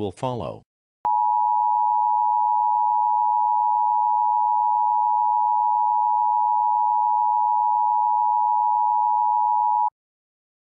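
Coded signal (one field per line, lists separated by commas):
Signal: Emergency Alert System (SAME) tones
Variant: 853 and 960 Hz attention tone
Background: speech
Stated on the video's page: Fictional EAS scenario of a Yellowstone caldera eruption; not real.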